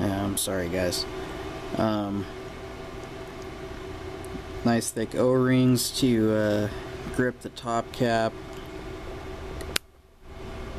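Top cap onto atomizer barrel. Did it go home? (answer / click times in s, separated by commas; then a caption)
yes / 9.8 s. Someone talks while the metal top cap of a rebuildable dripper atomizer is pushed down over the thick o-rings on its barrel, with a steady hum underneath. At 9.8 s the cap seats onto the barrel with a single sharp, positive click, after which the sound drops briefly quieter.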